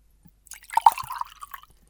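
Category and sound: household object, water being poured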